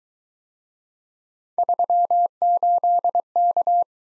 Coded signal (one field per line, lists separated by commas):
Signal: Morse code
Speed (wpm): 22 wpm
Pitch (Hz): 700 Hz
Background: none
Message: 38K